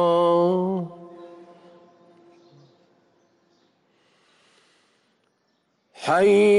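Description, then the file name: Roe deer calling twice, a harsh harmonic call at the start fading away, then quiet, then a second call whose pitch drops sharply. "reh"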